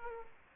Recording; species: mosquito wingbeat signal from an infrared sensor; Aedes aegypti